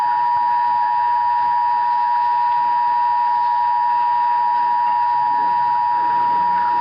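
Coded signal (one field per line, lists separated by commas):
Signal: Emergency Alert System (SAME) tones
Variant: 853 and 960 Hz attention tone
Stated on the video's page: Real tornado emergency alert for southern Indiana.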